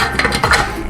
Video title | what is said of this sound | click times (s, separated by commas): WRMK Button Press Tutorial/Review! | so that one clicked i don't know if you heard it and again you're going to line up the a's right here | 0.2 s, 0.4 s